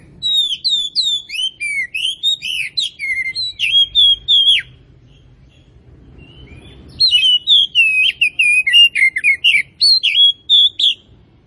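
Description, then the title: Oriental magpie-robin delivering a lively run of whistled and trilled notes, falling silent for about two seconds, then resuming with another varied, energetic phrase. Tretes variety of oriental magpie-robin, described as in full, vigorous song. "Kacer Tretes Gacor"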